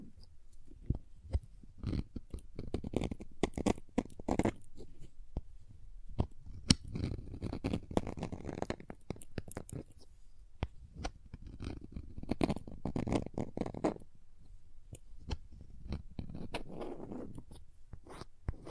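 Crayons being tapped, carved and scraped, with a busy stream of short clicks and taps scattered throughout. Low, gritty scraping strokes swell and fade in bursts every few seconds, around 2–5, 7–9, 12–14 and 17 seconds, between quieter stretches of light ticking.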